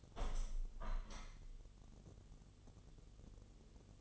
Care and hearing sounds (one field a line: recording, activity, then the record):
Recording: daily activity, microphone in the room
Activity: open window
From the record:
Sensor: 4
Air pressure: 1015.8 hPa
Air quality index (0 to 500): 109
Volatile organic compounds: 2 ppm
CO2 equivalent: 1217 ppm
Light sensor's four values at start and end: 9/20/8/7 and 9/20/8/7